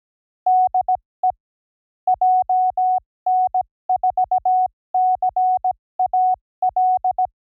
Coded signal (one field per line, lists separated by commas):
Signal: Morse code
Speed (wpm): 17 wpm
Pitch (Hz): 740 Hz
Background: none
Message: DE JN4CAL